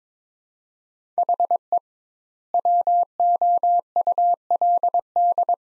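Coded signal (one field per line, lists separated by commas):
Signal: Morse code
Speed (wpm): 22 wpm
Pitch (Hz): 700 Hz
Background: none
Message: HE WOULD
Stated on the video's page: Morse practice drill of two-word sets at 22 wpm with 2x word spacing, a Farnsworth-like method, each set followed by speech.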